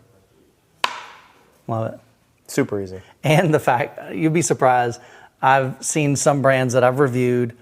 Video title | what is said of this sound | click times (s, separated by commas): The HiFi Comeback No One Saw Coming | It just snaps in place because they use really strong magnets in these. | 0.8 s